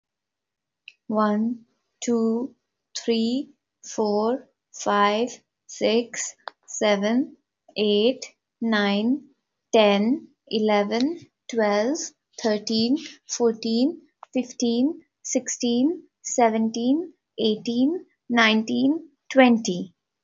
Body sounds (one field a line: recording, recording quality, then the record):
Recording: counting at a normal pace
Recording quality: moderate, slight background noise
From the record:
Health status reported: healthy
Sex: female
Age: 30 years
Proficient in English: yes